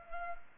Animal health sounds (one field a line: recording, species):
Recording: mosquito wingbeat signal from an infrared sensor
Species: Culex pipiens